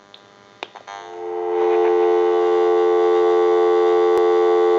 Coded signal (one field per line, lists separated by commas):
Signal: telephone call progress tone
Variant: North America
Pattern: dial tone